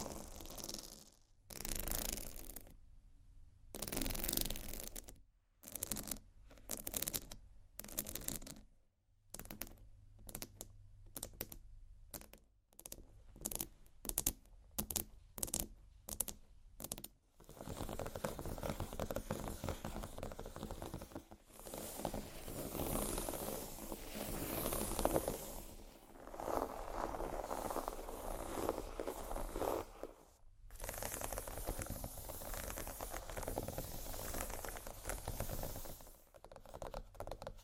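Scratching and tapping on textured bags, one studded and one crocodile-patterned. The first half is a run of short, sharp taps with brief silences between, quickening around the middle; after that comes steady, dense scratching with a few short pauses.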